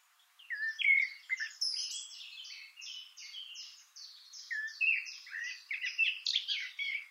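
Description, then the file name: Eurasian blackcap song mixing lower whistled notes with a rapid chattering warble, coming in lively bursts separated by short pauses. "Sylvia atricapilla"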